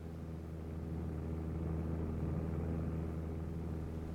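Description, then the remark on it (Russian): An airplane engine drones steadily, a low humming rumble with a tonal throb that swells slightly at first and then holds at a constant level. No voices are heard. “Самолет! Самолет? Братцы! Самолет! Слышите, самолет!”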